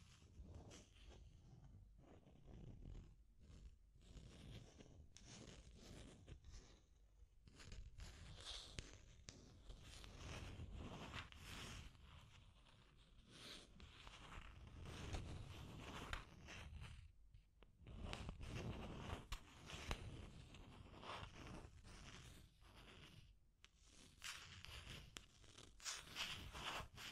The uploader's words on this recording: Deep Scratching. (No Talking).